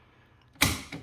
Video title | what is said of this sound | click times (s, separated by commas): howtouse oxygen concetrator cum #nebulizer #doctor #hospital #homecare #home #care #cylinder #viral | lock हो गया और | 0.6 s